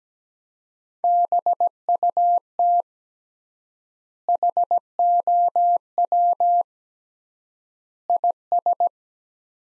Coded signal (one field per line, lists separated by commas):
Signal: Morse code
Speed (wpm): 17 wpm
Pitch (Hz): 700 Hz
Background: none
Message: BUT HOW IS